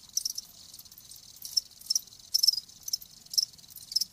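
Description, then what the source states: Cricket chirping, high thin pulses in short bursts with quiet gaps between them. Live crickets chirping.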